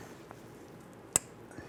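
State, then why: Seated. On a 2002-2008 Dodge Ram 1500, the power steering pressure sensor wiring harness connector is lined up and pushed onto the sensor on the new power steering pressure hose. After a faint tick at about 0.3 s, a sharp, loud click at 1.2 s marks the connector locking into place. It is seated.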